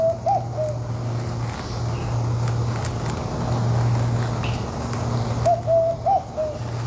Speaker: So for those who don't know which bird the bar-shouldered dove is, it's the one that sounds like this.